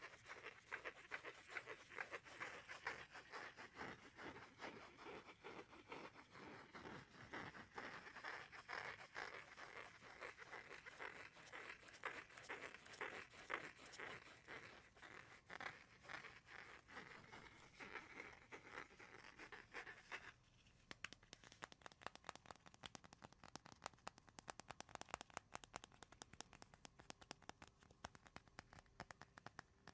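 ASMR tapping and scratching on wood, cork and cardboard, with no talking. Dense, fast, steady strikes and scrapes fill the first twenty seconds, then the sound shifts to sparser, crisper, brighter taps with a faint steady tone underneath until the end.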